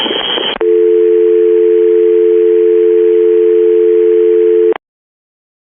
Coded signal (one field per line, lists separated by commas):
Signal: telephone call progress tone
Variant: North America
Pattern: dial tone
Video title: EAS Scenario - Escalation (18)